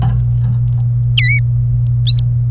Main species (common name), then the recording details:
Domestic Canary. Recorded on 27 April 2018 at 13:48. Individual llb3